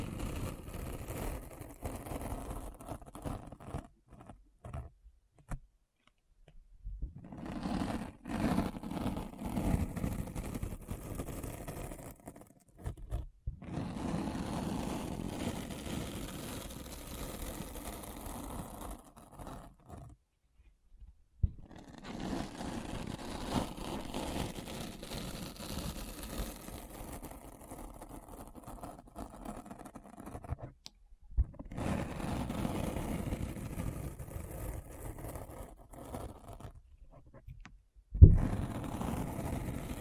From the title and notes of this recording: ASMR Deep Brain Scratch (No Talking).